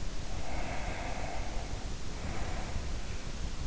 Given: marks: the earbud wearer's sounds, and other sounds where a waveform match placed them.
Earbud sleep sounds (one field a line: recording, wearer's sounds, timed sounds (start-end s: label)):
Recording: sounds in sleep by an in-ear microphone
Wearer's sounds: breath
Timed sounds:
0.00-3.05 s: breath